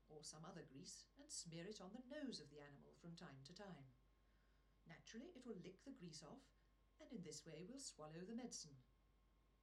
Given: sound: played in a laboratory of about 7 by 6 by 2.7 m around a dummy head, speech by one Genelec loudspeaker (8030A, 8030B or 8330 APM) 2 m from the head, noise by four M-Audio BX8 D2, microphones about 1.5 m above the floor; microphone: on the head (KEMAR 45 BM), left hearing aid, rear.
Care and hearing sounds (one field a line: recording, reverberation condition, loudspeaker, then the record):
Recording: female speech in English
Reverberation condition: low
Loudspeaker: behind (180 degrees)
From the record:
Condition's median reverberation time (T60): about 310 ms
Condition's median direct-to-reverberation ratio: about 3.5 dB